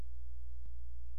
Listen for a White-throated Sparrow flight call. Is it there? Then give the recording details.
no. No flight call is heard. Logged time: 00:04 on 16 September 2014